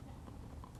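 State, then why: Not seated. A plastic fog light bezel cover for a 2015 Subaru WRX/STI is handled at the front bumper opening after its two edge tabs are hooked in first, ready to be pressed into place. Only a low, steady rustling of handling is heard, with no sharp sounds. Nothing has seated or clicked yet.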